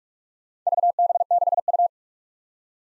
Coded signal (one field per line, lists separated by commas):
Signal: Morse code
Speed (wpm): 47 wpm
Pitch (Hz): 700 Hz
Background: none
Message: VB6U